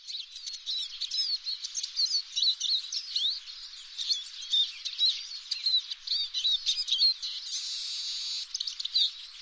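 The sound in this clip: Bird chirps, a dense run of quick high twittering notes and short buzzy calls, with a brief steady hiss-like buzz near the end.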